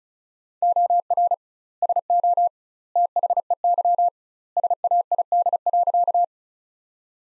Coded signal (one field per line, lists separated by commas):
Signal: Morse code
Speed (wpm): 34 wpm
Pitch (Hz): 700 Hz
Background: none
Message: OR SO THEY SAID.